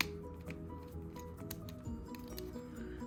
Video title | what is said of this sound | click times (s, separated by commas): Transformers Kingdom Voyager DINOBOT Review #dinobot #beastwars #transformerskingdom #transformers | That isn't tabbing in. | none